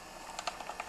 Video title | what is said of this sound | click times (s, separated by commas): PART 1 OF 2 REASSEMBLING THE HUSQVARNA 55 Cylinder Piston & Ring | You're going to hear it click. | 0.5 s